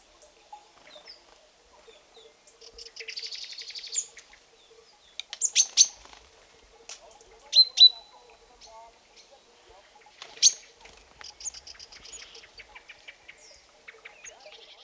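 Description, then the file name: Great tit calls: a harsh, buzzy churring rattle followed by scattered sharp chinking notes and short chatters, with quieter twittering between them. "Parus major"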